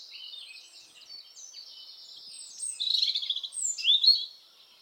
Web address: SETE data Erithacus rubecula